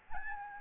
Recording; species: mosquito wingbeat signal from an infrared sensor; Aedes albopictus